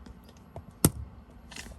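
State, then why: Seated. A flexible plastic CPAP hose is pushed into a 3D-printed plastic holder clip. Faint handling noises lead up to one sharp, loud snap at 0.8 s, followed by quieter rustling. The hose seats in the clip.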